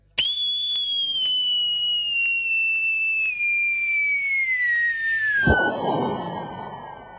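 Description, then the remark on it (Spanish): A whistling firework set off at midnight shrieks for several seconds, its shrill tone slowly sliding downward, then ends in a loud bang followed by a crackling, hissing burst that gradually fades. “Grabá que te metro y medio te regala la pirotecnia de las 12.”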